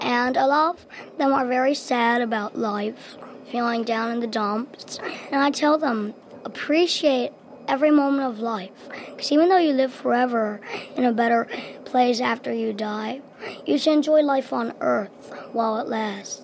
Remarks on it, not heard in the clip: You'll hear him in this clip gasping for breath because of the breathing tube that had been inserted into his neck. He was 11 years old when we made this recording.